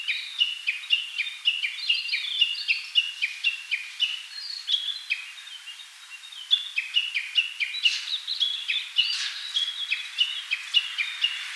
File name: Cettia diphone